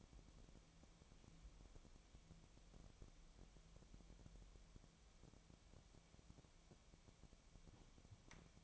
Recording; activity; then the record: daily activity, microphone in the room; wipe stove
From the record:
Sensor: 1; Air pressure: 1007.1 hPa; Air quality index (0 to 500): 204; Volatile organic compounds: 22 ppm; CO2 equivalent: 2758 ppm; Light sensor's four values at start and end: 13/32/13/14 and 12/32/13/14